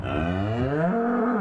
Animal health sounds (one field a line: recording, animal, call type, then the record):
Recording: contact call of a hoofed animal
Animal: cattle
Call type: low-frequency (closed-mouth) or high-frequency (open-mouth) call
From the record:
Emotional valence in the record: negative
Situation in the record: full separation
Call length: 1.41 s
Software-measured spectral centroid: 1010 Hz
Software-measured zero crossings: 1030 a second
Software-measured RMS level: -24 dBFS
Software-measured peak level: -13 dBFS